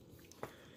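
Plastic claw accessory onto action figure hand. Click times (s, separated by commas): 0.3 s, 0.4 s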